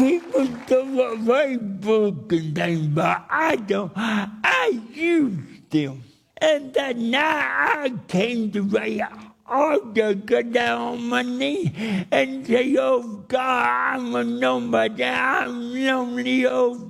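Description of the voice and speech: An adult man with cerebral palsy speaks emotionally, with slow, drawn-out vowels, heavy nasal tone, high strained pitch that swings widely, and blurred or dropped consonants that make words hard to follow. This fits dysarthria from cerebral palsy.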